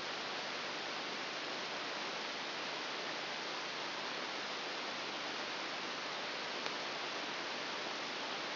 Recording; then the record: brain microelectrode recording played as sound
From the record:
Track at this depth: inside the subthalamic nucleus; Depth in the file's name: 1.806 mm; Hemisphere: right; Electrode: 3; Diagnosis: Parkinson's disease